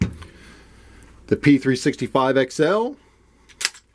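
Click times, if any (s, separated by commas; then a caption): 3.6 s. A compact pistol, a P365 XL, has its slide worked back by hand while someone talks. A sharp metallic click at 3.7 s marks the slide catching on the slide stop, and the slide is locked back in place.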